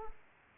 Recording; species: mosquito wingbeat signal from an infrared sensor; Aedes aegypti